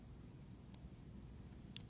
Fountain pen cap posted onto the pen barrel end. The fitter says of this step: it does post securely you can hear a small audible click I don't know what that's from I'll make it right now okay